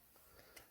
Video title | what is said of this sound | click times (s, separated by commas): changement joint spy 2 | on a entendu le petit pic on s'assure qu'il est bien en place voilà | 0.6 s